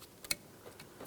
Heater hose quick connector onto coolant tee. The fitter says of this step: listen for click go ahead and give that a tug now we can move along to our next connector